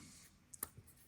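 The blade of an antique steel pocket knife, likely a Henry Sears & Son from 1865, is worked against the backspring in its handle. Two sharp snaps are heard at 0.5 s and 0.6 s, followed by a soft low thud. The blade snaps into place.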